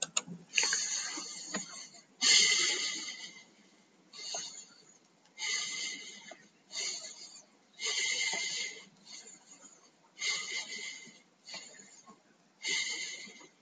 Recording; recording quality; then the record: deep breathing; excellent, no background noise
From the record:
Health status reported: exposed to COVID-19, no respiratory illness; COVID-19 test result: not tested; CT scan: not taken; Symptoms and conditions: cough, sore throat, fever, muscle pain, asthma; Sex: male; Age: 26 years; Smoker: no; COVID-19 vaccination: one dose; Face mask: not worn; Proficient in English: yes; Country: India